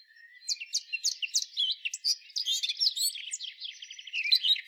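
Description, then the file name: Eurasian blackcap giving a steady stream of sharp chirps and scratchy warbled notes, closely spaced and continuous for the whole few seconds. "Sylvia atricapilla"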